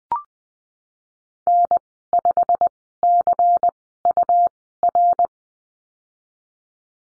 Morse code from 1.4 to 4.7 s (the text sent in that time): N 5 C U